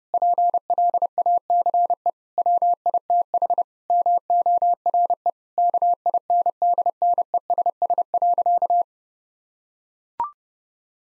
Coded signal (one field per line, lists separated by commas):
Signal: Morse code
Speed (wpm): 32 wpm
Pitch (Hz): 700 Hz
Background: none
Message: PLACE WITH MORE KINDNESS.